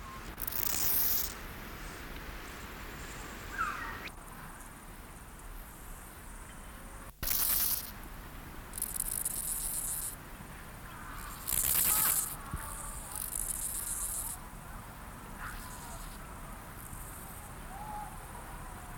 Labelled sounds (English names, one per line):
Steppe Grasshopper stridulation